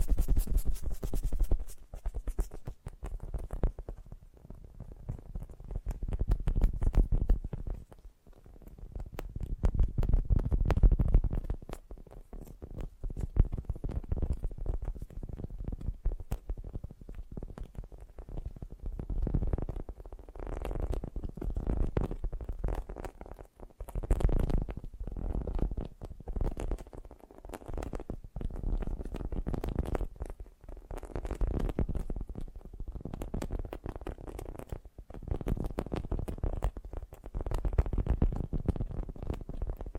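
Fast, gentle tapping in dense, irregular bursts with soft low rumbling textures, briefly pausing near eight seconds and again around twenty-four.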